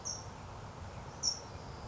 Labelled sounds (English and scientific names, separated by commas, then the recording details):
California Towhee (Melozone crissalis)
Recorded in Sonoma County, California